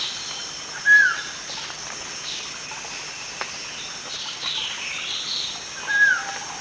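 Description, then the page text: Puff-backed bulbul calls: two short clear whistled notes, each holding level then sliding down, about five seconds apart, over a steady insect drone and forest hiss. Recorded at Danum, Borneo. "Sound of Puff-backed Bulbul at Danum by EDWARDS, David"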